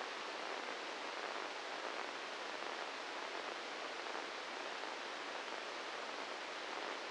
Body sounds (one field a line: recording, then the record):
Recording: brain microelectrode recording played as sound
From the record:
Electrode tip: inside the subthalamic nucleus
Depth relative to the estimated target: -1 mm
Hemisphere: right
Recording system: NeuroSet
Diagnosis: Parkinson's disease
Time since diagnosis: 10 years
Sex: male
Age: 56 years